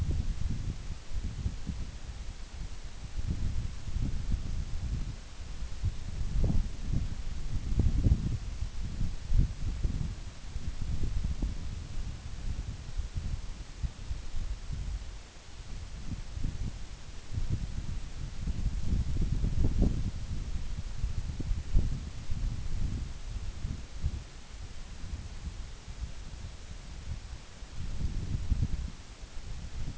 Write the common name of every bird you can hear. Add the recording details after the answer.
none. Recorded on Arctic tundra, site NAIT-1, on 24 June 2019. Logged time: 04:00